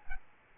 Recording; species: mosquito wingbeat signal from an infrared sensor; Aedes albopictus